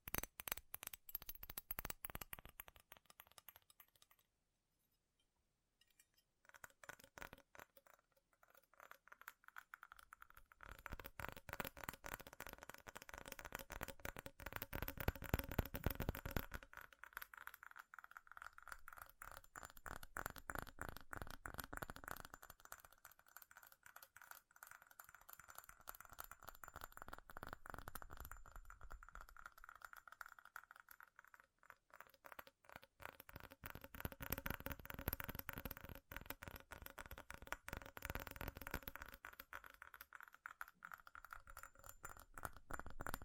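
Fast, furious tapping on metal, a dense run of quick bright clicks and pings that keeps up nearly the whole time. Near-silent gaps break it around five and eight seconds, and the tapping swells and thins in waves, with a faint rattling, coin-like quality.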